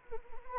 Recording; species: mosquito wingbeat signal from an infrared sensor; Anopheles arabiensis